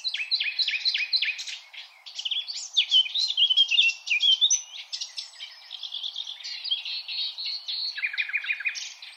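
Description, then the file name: Common nightingale song, continuous and varied: quick chirps, whistles and buzzy notes run together, with a series of rapid repeated lower notes near the end. "Luscinia megarhynchos"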